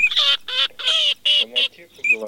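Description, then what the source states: Eurasian teal calling: harsh, nasal squawks in short bursts mixed with several brief high clipped whistles. Sound for an electronic decoy caller.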